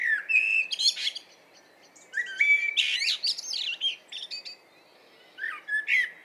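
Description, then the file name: Common blackbird song: three phrases in which low whistled notes give way to busy, high, scratchy twitters, with short gaps in between. "Turdus merula"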